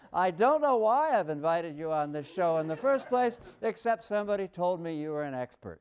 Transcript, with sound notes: I don't know why I've invited you on this show in the first place, [laughter] except somebody told me you were an expert.